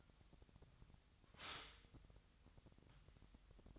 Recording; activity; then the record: daily activity, microphone in the room; stop toaster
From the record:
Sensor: 3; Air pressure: 1001.9 hPa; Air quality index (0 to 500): 245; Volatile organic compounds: 49 ppm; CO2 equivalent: 3278 ppm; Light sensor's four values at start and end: 14/41/18/15 and 14/41/18/15